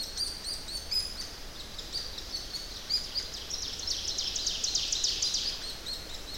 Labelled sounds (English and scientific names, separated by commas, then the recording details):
Ovenbird (Seiurus aurocapilla) song
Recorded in boreal forest in Alberta, Canada, on 10 June 2016 at 08:57
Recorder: SongMeter 3, array SBT-3-39
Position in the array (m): 270 m, 158 m
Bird 19